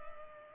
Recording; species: mosquito wingbeat signal from an infrared sensor; Culex pipiens